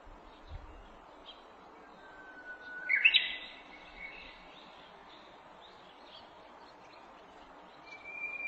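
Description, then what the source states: Japanese bush warbler song: one long, steady low whistle that breaks into a short, fluttering flourish, then a further high whistled note near the end. Recorded on 18 April 2008.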